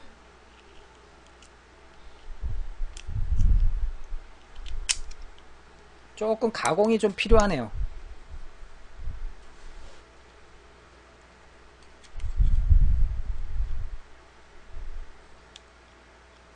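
A custom part is being fitted into an airsoft M1911-type pistol with an MEU base, which needs some machining to fit. Small handling clicks and taps are heard, along with bursts of low rumble, while someone talks. The clip ends before the part goes in, and nothing has seated or clicked into place yet.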